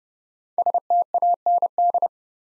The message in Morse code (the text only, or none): STAND